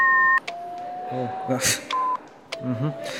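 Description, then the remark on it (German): Tones from a self-built blue box for phones that doesn't quite work: a short two-note electronic beep, then longer steady tones at a lower pitch, with a voice talking briefly beneath them and a brief hiss in between. “Schau mal, das hier ist meine, aber die funktioniert irgendwie nicht. Ich habe die selbst gebaut, schau mal.”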